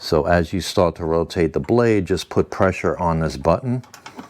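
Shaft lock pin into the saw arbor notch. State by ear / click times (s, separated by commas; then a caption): not seated / none. Someone talks while pressing the shaft lock button on a cordless Ridgid blade-left circular saw with a 6 1/2" blade and rotating the blade by hand so the lock pin can drop into the arbor notch. Only faint ticks are heard near the end, around 4.2 and 4.3 seconds. The shaft lock pin has not seated or clicked in yet.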